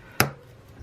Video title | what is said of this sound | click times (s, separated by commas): Fixing a Retro Commodore 64 - Blue Screen Issue. | There we go, nice little click. | 0.2 s